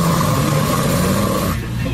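A loud, rough, low-pitched rumble with a steady buzzing tone lasts about a second and a half, then drops away. This is very loud, heavy snoring in an adult woman, caused by vibration of a narrowed upper airway during sleep.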